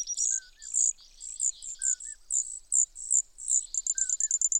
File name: Brewer's Sparrow